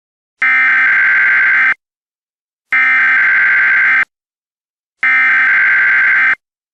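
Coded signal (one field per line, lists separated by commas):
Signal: Emergency Alert System (SAME) tones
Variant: header bursts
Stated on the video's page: Fictional EAS scenario, a Spring Fling 2023 contest entry, not based on real events.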